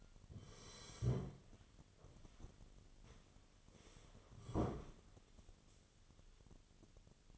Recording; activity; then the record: daily activity, microphone in the room; sit down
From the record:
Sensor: 4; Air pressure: 1016.1 hPa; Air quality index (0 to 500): 168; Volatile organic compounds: 6 ppm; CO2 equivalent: 1912 ppm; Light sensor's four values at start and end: 9/20/8/7 and 9/20/8/7